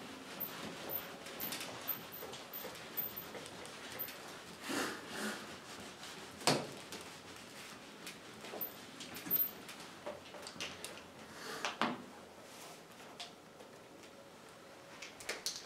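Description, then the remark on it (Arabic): Someone draws a chart on a blackboard to explain an Arabic grammar point: irregular scratchy strokes, soft taps and brief squeaks come in uneven bursts over a quiet background, with no one speaking. “فسأرسم الآن خارطة على السبورة، البحث هنا دقيق أعانكم الله عليه، لكنه مهم جدا لفهم الباب.”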